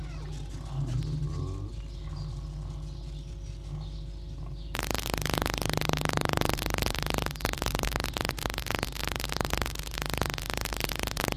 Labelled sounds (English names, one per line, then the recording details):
Red Fox
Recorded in captivity
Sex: group
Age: adult
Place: Zoologisches Institut der HUB, Berlin, DE
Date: 1956-02-22 11:45
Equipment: Elmetra
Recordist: Tembrock, Günter